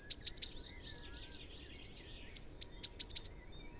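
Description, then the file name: Eurasian blue tit giving high whistled notes that run into a quick sharp trill, two phrases, with faint twittering of other small birds between them. "Cyanistes caeruleus"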